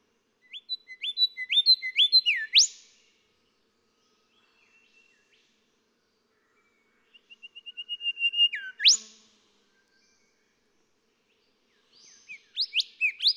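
Golden whistler song: three phrases of stepped whistled notes, the middle one a swelling run of even notes ending in a sharp upward whip.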